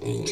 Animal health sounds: pig call; weaner (32 to 43 days)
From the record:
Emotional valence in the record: negative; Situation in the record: novel object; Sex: female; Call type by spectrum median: low-frequency call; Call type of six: mixed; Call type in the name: high-frequency modulated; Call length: 0.31 s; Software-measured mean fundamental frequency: 175 Hz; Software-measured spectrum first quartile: 276 Hz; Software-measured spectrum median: 890 Hz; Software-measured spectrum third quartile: 4907 Hz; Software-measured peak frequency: 406 Hz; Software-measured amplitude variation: 111 dB a second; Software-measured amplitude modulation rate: 25.8 a second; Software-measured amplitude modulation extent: 4.3 dB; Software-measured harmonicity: 1.8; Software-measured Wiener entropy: -3.98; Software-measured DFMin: 1778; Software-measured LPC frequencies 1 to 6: 395, 2357, 4130, 5716, 6681, 7283 Hz

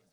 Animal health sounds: pig call; piglet (1 to 25 days)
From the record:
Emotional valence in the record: positive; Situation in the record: short reunion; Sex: female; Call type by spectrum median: low-frequency call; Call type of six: low-frequency stable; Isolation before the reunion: 3 minutes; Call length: 0.13 s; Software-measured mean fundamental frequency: 66 Hz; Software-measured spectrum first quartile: 350 Hz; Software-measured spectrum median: 1408 Hz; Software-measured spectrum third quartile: 6668 Hz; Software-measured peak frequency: 184 Hz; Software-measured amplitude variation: 62 dB a second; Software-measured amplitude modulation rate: 7.7 a second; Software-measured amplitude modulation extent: 8.1 dB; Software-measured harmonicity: 2.4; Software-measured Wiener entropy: -1.93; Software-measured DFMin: 798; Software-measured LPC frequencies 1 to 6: 492, 1456, 2205, 4644, 5857, 6834 Hz

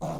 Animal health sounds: pig call; piglet (1 to 25 days)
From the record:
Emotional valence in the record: negative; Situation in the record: long isolation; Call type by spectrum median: low-frequency call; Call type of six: low-frequency stable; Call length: 0.20 s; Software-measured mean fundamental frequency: 51 Hz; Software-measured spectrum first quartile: 182 Hz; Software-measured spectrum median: 480 Hz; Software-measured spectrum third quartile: 779 Hz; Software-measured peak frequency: 160 Hz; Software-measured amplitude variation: 91 dB a second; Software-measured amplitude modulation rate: 17.2 a second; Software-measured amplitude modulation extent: 5.3 dB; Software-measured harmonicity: 1.3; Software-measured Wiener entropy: -0.44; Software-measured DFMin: 794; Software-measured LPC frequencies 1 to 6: 676, 2457, 3832, 4850, 6705, 8822 Hz

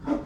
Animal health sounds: pig call; growing-finishing pig (85 days or more)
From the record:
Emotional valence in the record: positive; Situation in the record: run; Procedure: transit

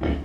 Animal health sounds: pig call; growing-finishing pig (85 days or more)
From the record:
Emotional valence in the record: negative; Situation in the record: barren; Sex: female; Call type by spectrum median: low-frequency call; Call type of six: low-frequency stable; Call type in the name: low-frequency stable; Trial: 2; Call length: 0.25 s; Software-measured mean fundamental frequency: 46 Hz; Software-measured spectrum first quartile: 98 Hz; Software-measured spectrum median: 254 Hz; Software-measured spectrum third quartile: 508 Hz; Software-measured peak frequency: 70 Hz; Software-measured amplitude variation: 100 dB a second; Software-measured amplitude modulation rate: 14.2 a second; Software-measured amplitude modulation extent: 7.0 dB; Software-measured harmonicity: -3.3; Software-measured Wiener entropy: -0.65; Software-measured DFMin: 923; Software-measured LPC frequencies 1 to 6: 1608, 2158, 3059, 5102, 6070, 9450 Hz

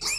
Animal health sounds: pig call; weaner (32 to 43 days)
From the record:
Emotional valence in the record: negative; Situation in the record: short isolation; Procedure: open field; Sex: female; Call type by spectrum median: high-frequency call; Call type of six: high-frequency stable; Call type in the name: high-frequency stable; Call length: 0.19 s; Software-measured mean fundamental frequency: 399 Hz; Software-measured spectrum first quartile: 3166 Hz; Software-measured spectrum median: 5075 Hz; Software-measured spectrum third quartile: 6803 Hz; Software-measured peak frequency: 2404 Hz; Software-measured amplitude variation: 92 dB a second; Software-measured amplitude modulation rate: 21.2 a second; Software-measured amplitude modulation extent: 4.3 dB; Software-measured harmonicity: 5.5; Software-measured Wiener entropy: -2.45

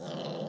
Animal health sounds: pig call; piglet (1 to 25 days)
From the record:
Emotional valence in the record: negative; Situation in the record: long isolation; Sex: female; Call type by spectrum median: low-frequency call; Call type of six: low-frequency stable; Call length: 0.49 s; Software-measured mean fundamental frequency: 66 Hz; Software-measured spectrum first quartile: 335 Hz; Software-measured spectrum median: 592 Hz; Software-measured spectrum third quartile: 1487 Hz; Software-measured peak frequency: 526 Hz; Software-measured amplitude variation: 85 dB a second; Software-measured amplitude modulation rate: 32.4 a second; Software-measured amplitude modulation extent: 2.6 dB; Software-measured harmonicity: 2.0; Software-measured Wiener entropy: -1.33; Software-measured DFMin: 1551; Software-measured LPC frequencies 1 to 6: 566, 3019, 4063, 5118, 8679, 9851 Hz

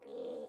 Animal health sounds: pig call; piglet (1 to 25 days)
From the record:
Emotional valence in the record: negative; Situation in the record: restrain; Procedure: in the arms of a person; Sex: male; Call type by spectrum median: low-frequency call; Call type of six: low-frequency modulated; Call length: 0.48 s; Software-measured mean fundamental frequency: 62 Hz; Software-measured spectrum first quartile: 424 Hz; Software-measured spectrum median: 490 Hz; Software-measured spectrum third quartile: 566 Hz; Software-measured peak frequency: 487 Hz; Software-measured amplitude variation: 135 dB a second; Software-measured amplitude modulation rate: 27.9 a second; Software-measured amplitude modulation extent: 4.8 dB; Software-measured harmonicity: 7.7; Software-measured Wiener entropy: -0.59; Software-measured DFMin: 1635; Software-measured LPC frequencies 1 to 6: 495, 2309, 3440, 6563, 7440, 8367 Hz

